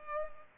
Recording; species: mosquito wingbeat signal from an infrared sensor; Culex pipiens